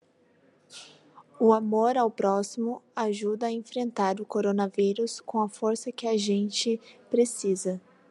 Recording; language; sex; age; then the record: spoken sentence; Brazilian Portuguese; female; 20 to 29 years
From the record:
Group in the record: control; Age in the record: 27 years